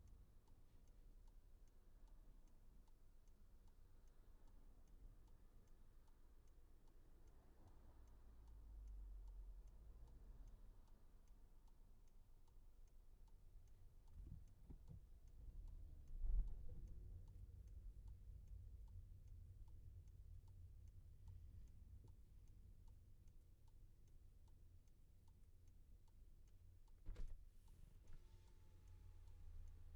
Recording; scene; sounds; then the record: everyday scene through a hearing-aid microphone; in a vehicle; engine idling, traffic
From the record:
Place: Skoda Fabia, gasoline engine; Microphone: behind the ear, left, front